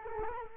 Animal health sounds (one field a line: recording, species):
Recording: mosquito wingbeat signal from an infrared sensor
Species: Culex quinquefasciatus